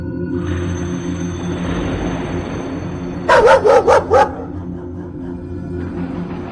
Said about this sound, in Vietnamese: Mới có 3 giờ sáng, cái tiếng chó cứ nhấm nhằng sủa ông ổng từ cuối con ngõ nhỏ ở cuối thôn hạ.